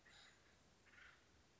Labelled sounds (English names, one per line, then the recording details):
Acorn Woodpecker
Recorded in Sonoma County, California